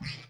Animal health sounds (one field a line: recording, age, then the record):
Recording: pig call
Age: piglet (1 to 25 days)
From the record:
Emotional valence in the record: positive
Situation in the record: short reunion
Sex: female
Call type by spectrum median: low-frequency call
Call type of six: low-frequency tonal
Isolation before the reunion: 3 minutes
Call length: 0.31 s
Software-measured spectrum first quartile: 167 Hz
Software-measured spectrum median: 1461 Hz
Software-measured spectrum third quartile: 3524 Hz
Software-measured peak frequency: 144 Hz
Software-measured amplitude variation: 139 dB a second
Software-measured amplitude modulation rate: 19.6 a second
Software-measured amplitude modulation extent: 7.1 dB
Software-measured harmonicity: 4.7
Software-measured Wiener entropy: -1.90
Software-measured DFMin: 640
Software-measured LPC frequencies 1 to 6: 2040, 2428, 4279, 4775, 5283, 6759 Hz